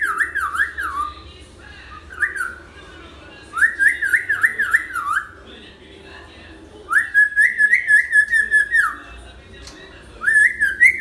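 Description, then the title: Hill myna in short bursts of wavering, zigzag whistles, with pauses between phrases. Talkative ('gacor') hill myna song used as a tutor recording for training birds. "Suara Burung Beo Gacor Cocok Untuk Masteran"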